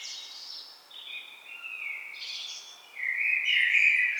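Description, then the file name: Common blackbird song, overlapping fluted warbles and high squeaky twitters running almost continuously, strongest near the end. "Turdus merula"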